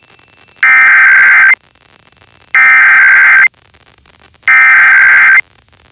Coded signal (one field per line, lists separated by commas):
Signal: Emergency Alert System (SAME) tones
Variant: header bursts